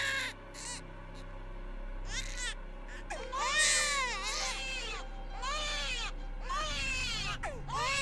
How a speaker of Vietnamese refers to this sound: Thế nhưng bên tai của Dục Đào lại liên tục vang lên tiếng bọn trẻ con khóc lóc. Tiếng khóc đau đớn, tiếng khóc quằn quại, tiếng khóc ghê rợn.